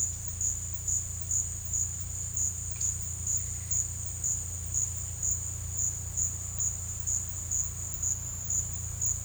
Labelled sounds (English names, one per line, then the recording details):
none
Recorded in secondary vegetation near Puerto Asís, Putumayo, Colombia, on 18 December 2024 at 15:00
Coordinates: 0.484, -76.319
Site GP06